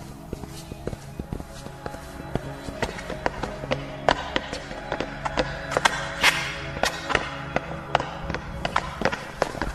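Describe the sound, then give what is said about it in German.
A long run of footsteps comes through a hollow wall as a steady series of sharp knocks and taps, louder in the middle, over a constant low droning hum, with no voices. “Die Schritte kommen aus der Wand.”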